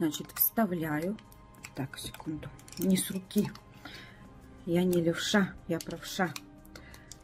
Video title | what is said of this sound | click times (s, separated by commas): Тестирую новый шампунь для всех типов волос крапивный "Укрепление" артикул 2914. Делаю макияж. | таким вот образом до щелчка и у меня готова целая палетка очень | 6.8 s, 7.1 s